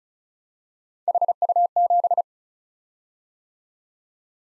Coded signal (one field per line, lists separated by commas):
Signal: Morse code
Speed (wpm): 36 wpm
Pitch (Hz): 700 Hz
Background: none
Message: HU7